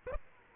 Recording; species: mosquito wingbeat signal from an infrared sensor; Aedes aegypti